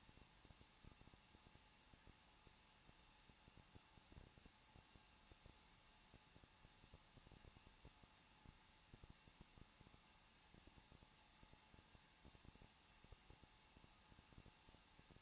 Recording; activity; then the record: daily activity, microphone in the room; no activity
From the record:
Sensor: 1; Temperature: 20.1 degrees Celsius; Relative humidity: 39.1%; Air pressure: 1006.3 hPa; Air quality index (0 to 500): 217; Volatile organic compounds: 75 ppm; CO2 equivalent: 3562 ppm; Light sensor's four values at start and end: 1/2/1/1 and 1/2/1/1